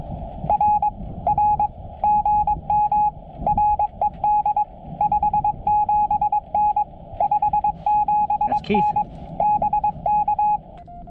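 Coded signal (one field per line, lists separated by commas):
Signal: Morse code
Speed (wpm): 22 wpm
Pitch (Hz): 840 Hz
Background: radio noise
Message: R R GM RED 57N 57N BK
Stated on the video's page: Paddle-sent Morse from a Summits on the Air activation of Needle Mountain, full activation with unedited QSOs and paddle miscues.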